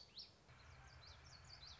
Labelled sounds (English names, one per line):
Common Yellowthroat